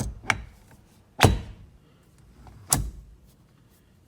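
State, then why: Seated. An NRG quick-release steering wheel on a 5th Gen Chevy Camaro is pushed by its quick-release collar onto the short hub on the steering column, giving three sharp metallic clacks at 0.3, 1.2 and 2.7 seconds. The wheel seats and locks onto the hub, snug with no movement.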